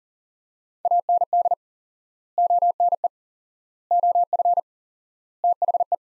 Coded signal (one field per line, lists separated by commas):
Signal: Morse code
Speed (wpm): 37 wpm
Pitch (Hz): 700 Hz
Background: none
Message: AND ONE OF THE